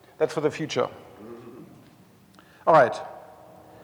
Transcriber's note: clears throat